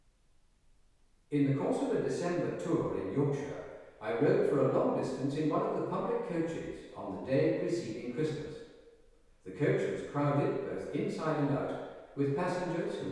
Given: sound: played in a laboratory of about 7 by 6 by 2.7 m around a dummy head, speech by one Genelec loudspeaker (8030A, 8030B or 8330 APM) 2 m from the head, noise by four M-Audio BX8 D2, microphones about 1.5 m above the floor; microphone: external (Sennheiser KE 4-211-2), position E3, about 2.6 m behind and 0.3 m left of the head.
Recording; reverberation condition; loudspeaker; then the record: male speech in English; high; in front (0 degrees)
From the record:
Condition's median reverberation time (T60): about 1300 ms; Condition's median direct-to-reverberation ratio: about -4.0 dB